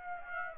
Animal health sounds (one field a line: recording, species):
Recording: mosquito wingbeat signal from an infrared sensor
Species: Aedes aegypti